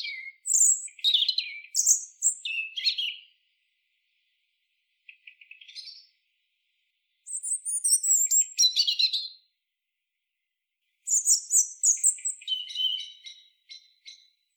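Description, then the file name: European robin song in varied bursts of high, thin warbles and trills, phrases separated by short pauses, some notes sliding, others rapid and twittering. "Erithacus rubecula"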